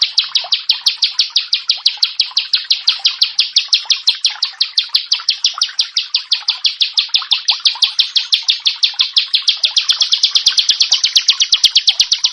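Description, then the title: Bar-winged prinia song: a long unbroken stream of quick, high, clipped notes, evenly paced. "Ciblek Sawah"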